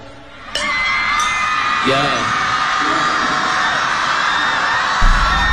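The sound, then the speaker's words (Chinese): An audience at a live music performance screams and whoops continuously, high-pitched shrieks layered into a loud, sustained roar after a sharp onset, with a few rising yells poking through. “这现场的尖叫声，旁边有人在尖叫，哎， 仿佛把我拉回了就是那段追偶恋的时光里 啊。”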